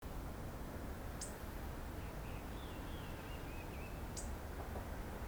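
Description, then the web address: Hawfinch clipped, high ticks, two about three seconds apart, with faint warbled bird notes between them and a heavy hiss and rumble throughout. "web tosaka tori 090106 sime"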